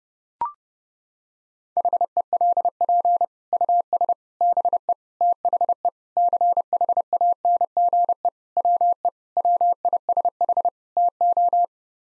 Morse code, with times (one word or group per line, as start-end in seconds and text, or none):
1.8-3.2 HELP
3.5-4.1 US
4.4-4.9 BE
5.2-5.9 THE
6.2-8.3 CHANGE
8.6-9.1 WE
9.4-10.7 WISH
11.0-11.6 TO